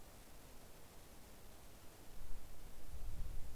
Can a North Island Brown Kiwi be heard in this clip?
no